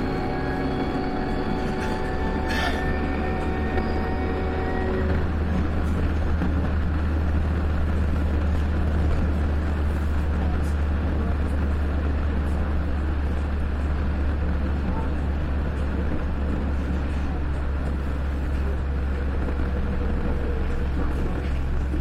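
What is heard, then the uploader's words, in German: A ride on an underground train in Hamburg, heard from inside the carriage: a loud, steady rumble and hum of the moving train fills the whole stretch. In the first five seconds a series of sustained tones sounds over it, then fades, leaving the continuous rolling roar. Klanglandschaft/Soundscape: U-Bahn in Hamburg - Fahrt bis Hallerstraße (U1). Fahrt mit der Hamburger U-Bahnlinie U1 zwischen den Haltestellen Stephansplatz und Hallerstraße.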